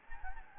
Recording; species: mosquito wingbeat signal from an infrared sensor; Anopheles gambiae